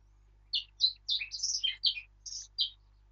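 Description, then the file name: Blackcap singing a fast, jumbled phrase of sweet, chattering notes lasting about two seconds, pitch jumping up and down, with no other clear sounds. "Sylvia atricapilla"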